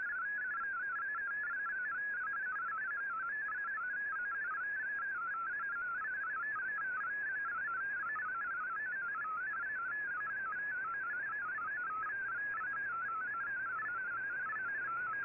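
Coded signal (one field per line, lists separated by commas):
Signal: multi-tone FSK (Olivia or MFSK type)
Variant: MFSK32 or MFSK64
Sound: rapid warbling single tone hopping between pitches, continuous burbling melody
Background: shortwave radio static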